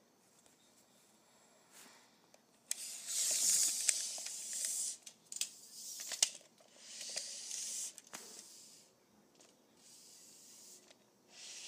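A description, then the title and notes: A tape measure is pulled out in bursts of bright, hissing rasps from about three seconds on, broken by sharp clicks and short pauses. ASMR Pulling my Tape Measure.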